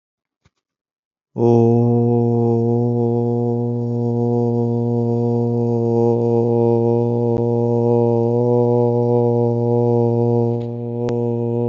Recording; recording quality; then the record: sustained vowel as in boot; excellent, no background noise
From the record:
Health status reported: healthy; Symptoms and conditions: none ticked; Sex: male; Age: 30 years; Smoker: yes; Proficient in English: yes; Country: India